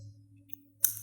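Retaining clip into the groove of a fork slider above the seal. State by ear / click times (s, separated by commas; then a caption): seated / 0.5 s, 0.8 s. A steel retaining clip is pushed down with a screwdriver and walked around into its groove inside a Sportster motorcycle fork slider, just above the fork seal, over a steady low hum. A faint click at 0.5 s is followed by a sharp, louder snap at 0.8 s as the clip seats all the way around in the groove.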